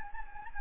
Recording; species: mosquito wingbeat signal from an infrared sensor; Anopheles gambiae